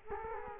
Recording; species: mosquito wingbeat signal from an infrared sensor; Culex quinquefasciatus